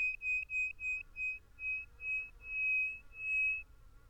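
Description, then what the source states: Bird whistling a series of pure notes on one pitch, short and quick at first, then slowing, with each note growing longer until the last two are drawn out. Song given in flight over a sand desert.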